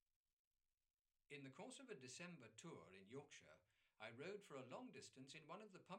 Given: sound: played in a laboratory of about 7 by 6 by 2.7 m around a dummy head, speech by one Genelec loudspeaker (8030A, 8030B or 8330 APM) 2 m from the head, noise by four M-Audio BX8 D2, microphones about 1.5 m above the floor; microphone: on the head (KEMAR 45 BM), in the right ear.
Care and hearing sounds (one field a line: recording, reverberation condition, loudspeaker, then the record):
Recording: male speech in English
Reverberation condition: low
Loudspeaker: 60 degrees to the right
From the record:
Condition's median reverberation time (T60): about 310 ms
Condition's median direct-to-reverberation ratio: about 3.5 dB